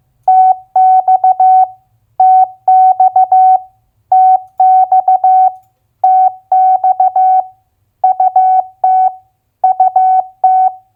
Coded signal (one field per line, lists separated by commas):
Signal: Morse code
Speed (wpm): 15 wpm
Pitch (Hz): 750 Hz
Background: none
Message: TX TX TX TX UT UT